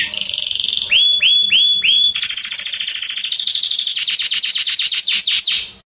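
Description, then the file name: Canary song: a brief trill, then a few slurred whistles in quick succession, then a long rapid trill of sweeping notes. "Canary Voice"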